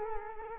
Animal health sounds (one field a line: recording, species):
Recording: mosquito wingbeat signal from an infrared sensor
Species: Culex quinquefasciatus